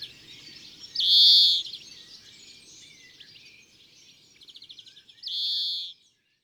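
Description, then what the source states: European greenfinch giving two loud drawn-out buzzy wheezes, separated by faint twittering and a short soft trill. Listed among garden birds.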